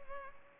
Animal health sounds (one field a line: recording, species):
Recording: mosquito wingbeat signal from an infrared sensor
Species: Culex pipiens